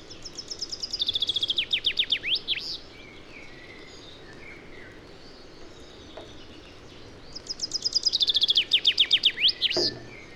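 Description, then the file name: Common chaffinch delivering two songs several seconds apart, each a rapid descending trill of sharp notes closing with a short flourish, over faint background noise. "Fringilla coelebs"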